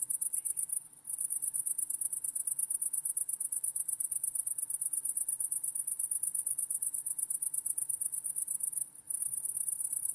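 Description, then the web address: Crickets trilling in a fast, high, continuous pulsing chorus that pauses briefly near the start and again near the end before resuming. Crickets, recorded in wide stereo. "lynne-publishing Crickets Wide Stereo"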